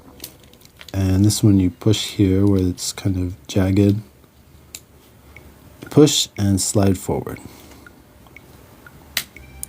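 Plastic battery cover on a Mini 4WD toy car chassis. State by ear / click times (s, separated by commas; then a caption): released / 9.2 s. A plastic battery cover on a Mini 4WD toy car chassis is pushed at its jagged grip area and slid forward while someone talks. The cover pops loose at 9.2 s with a sharp snap, unlatching so the little notch comes out in front.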